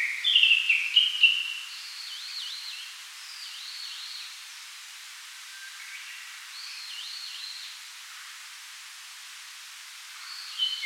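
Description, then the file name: Japanese thrush song opening with a loud run of sharp whistled notes, followed by quieter, wavering whistled phrases repeated every few seconds. "Turdus cardis"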